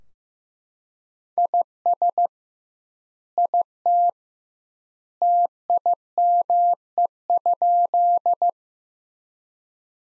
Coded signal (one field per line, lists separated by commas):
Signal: Morse code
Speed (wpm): 15 wpm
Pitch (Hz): 700 Hz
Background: none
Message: IS IT TIME?